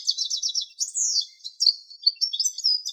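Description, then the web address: European goldfinch twittering: quick, high, tinkling notes and short buzzy slurs strung together in lively, uneven bursts. "Carduelis carduelis"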